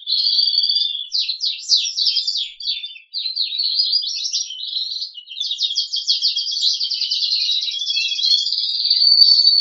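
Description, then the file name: Crested canary song of rapid rattling trills, then a sustained buzzy run of repeated notes and high twitters. "audio kenari jambul"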